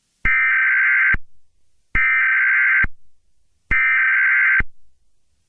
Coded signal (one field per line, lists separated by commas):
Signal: Emergency Alert System (SAME) tones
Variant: header bursts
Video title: Eas Scenario 007 - Attack of the Object Shows